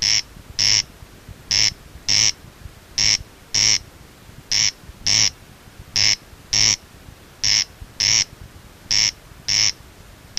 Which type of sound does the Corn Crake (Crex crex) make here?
call